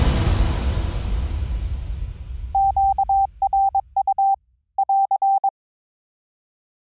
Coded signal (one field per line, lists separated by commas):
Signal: Morse code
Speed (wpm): 22 wpm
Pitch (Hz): 780 Hz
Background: none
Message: QRU <AR>